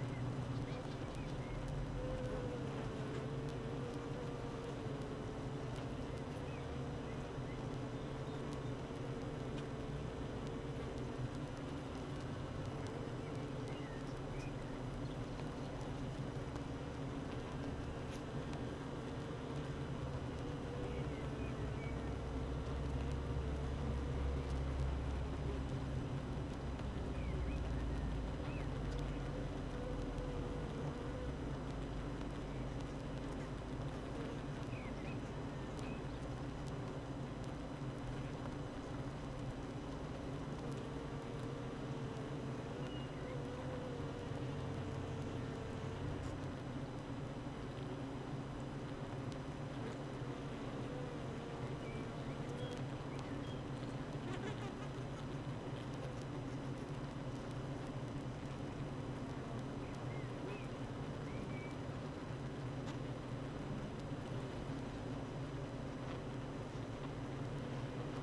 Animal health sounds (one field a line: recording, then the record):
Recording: honeybee colony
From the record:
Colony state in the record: active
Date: 12 June 2018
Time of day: 8:47